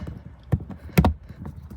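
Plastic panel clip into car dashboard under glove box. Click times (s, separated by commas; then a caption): 1.0 s. A plastic trim clip, the third of four on the panel under a car's glove box, is pushed home into the dashboard and snaps into place with a sharp click at 0.98 s. A quick second tap follows at 1.1 s, with a few faint taps around it. The clip is seated.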